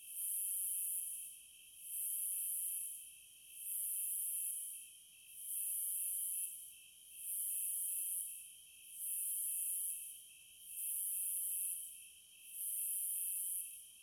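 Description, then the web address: Cicadas give eight even, evenly spaced sizzling buzzes against a constant high-pitched insect hum. Cicadas in the American wilds. "Echoes of Nature - American Wilds 06 Cicadas"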